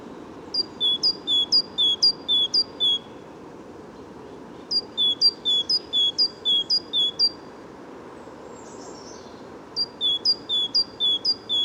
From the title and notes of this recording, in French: Entre 8h et 10h30 du matin - Bois de Vincennes - Nagra Seven - Telinga pro7. Météo radieuse et étonnante pour cette saison,qui résume un superbe safari sonore presque printanier dans le bois de Vincennes durant deux heures et demi. Le fond sonore est composé du sonouillard le brouillard sonore mais les chants d'oiseaux ressortent bien de cette rumeur de la ville.